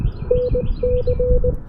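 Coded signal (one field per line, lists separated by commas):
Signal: Morse code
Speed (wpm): 19 wpm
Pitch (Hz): 480 Hz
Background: none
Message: NC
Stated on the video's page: QRP CW POTA park activation with an Index Labs QRP Plus and an EFHW antenna.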